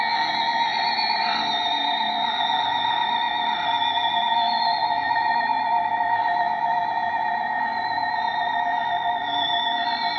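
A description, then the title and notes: A scary scream held on one high, piercing pitch for the whole stretch, never breaking or pausing, with a slight wavering in its tone. Loudness stays steady throughout, and the voice sounds processed and echoey. CFX Texture 5 Scary Scream by resonovance.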